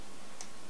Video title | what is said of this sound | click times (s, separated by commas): How to Disassemble/Assemble Galaxy S2! [Dissect TEARDOWN] | we had a nice click there and this was one of my problems that one of these connectors were not connected | 0.4 s